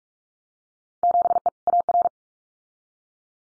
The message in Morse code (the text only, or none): 7E AR